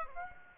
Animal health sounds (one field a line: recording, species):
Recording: mosquito wingbeat signal from an infrared sensor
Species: Aedes aegypti